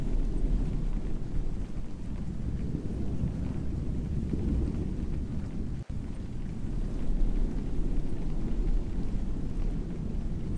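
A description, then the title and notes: Soft, fluffy rubbing on a microphone cover makes a steady, dense rumble, heavy in the lows and muffled up top, with a faint rain-like hiss under it. The texture churns evenly throughout, broken only by a brief dip just before the six-second mark. ASMR ear to ear soft fluffy sounds - pure fluffy mic, no talking, rain.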